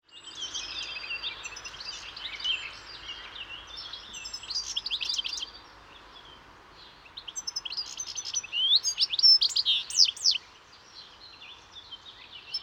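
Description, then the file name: European goldfinch twittering song in two bursts, liquid high notes and chirps over a steady background hiss. "Carduelis carduelis"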